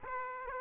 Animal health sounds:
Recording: mosquito wingbeat signal from an infrared sensor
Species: Aedes aegypti

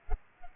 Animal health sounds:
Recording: mosquito wingbeat signal from an infrared sensor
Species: Culex pipiens

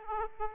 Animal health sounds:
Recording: mosquito wingbeat signal from an infrared sensor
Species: Aedes aegypti

